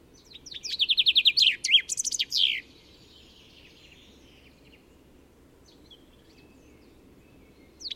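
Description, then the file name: Common chaffinch delivers one quick song, a fast trill of high descending notes ending in a flourish, followed by several seconds of quiet with one faint note at the end. "Fringilla coelebs"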